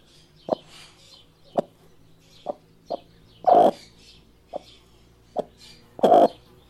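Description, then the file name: Chicken: low, short clucks at irregular intervals, with two louder, harsher drawn-out calls breaking in among them. Mother hen calling her chicks with a "tuc tuc tuc" call. "tieng ga me goi con tuc tuc tuc"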